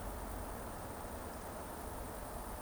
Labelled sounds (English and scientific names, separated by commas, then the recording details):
Eurasian Woodcock (Scolopax rusticola) whistle
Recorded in Baden-Württemberg, Germany, on 25 June 2020 at 20:24 UTC
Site 14569, 102 m above sea level